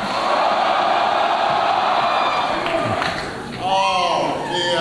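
A large audience applauds and cheers continuously, a dense wash of clapping and crowd noise, with a few loud whooping shouts rising above it toward the end.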